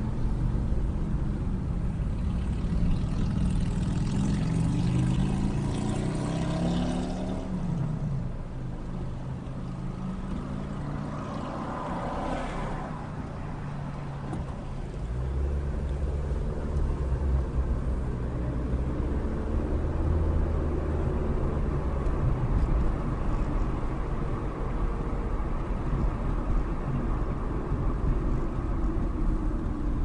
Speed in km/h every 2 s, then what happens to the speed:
18, 16, 6, 0, 0, 0, 0, 0, 24, 37, 47, 48, 48, 44, 35.
0-5 brakes to 0. 5-14 standing. 14-20 pulls away to 47. 20-25 steady at about 48. 25-30 slows to 35.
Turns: none.